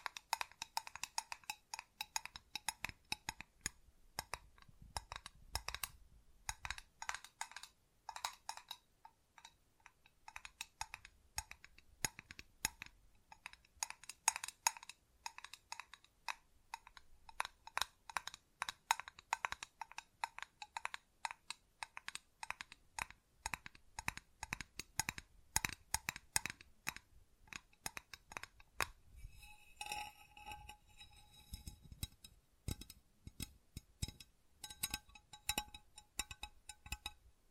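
Crisp tapping and scratching on hard surfaces, a dense run of quick clicks and light knocks that keeps an uneven but busy pace throughout. Around thirty seconds the texture shifts to a brighter, ringing surface like glass.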